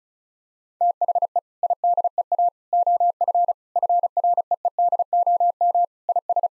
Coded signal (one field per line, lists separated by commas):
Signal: Morse code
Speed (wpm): 36 wpm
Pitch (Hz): 700 Hz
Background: none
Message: THE IDEA OF FREEDOM IS